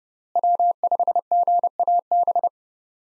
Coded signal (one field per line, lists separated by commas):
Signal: Morse code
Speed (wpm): 30 wpm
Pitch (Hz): 700 Hz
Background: none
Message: W5GAB